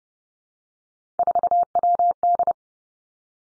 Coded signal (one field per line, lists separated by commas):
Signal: Morse code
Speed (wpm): 30 wpm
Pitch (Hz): 700 Hz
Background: none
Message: 4WD